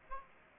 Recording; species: mosquito wingbeat signal from an infrared sensor; Aedes aegypti